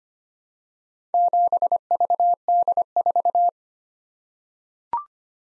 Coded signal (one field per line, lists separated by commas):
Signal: Morse code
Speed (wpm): 26 wpm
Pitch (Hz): 700 Hz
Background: none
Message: 7VD4